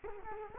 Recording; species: mosquito wingbeat signal from an infrared sensor; Culex quinquefasciatus